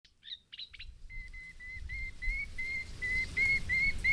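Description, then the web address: Moustached warbler song: a few scratchy notes, then a long series of pure whistled notes, about three per second, gently rising and growing louder. "agykontroll Madardalok Cd 3. Fülemülesitke"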